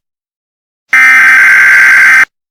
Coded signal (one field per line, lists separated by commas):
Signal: Emergency Alert System (SAME) tones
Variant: header bursts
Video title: EAS